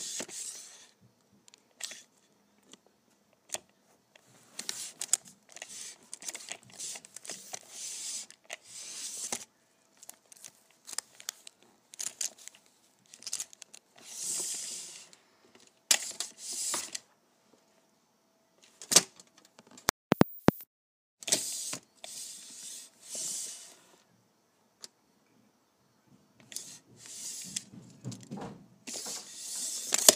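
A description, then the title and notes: A tape measure is pulled and handled in irregular bursts of bright, hissy scraping, with quiet gaps and a few sharp clicks near twenty seconds. ASMR Pulling my Tape Measure.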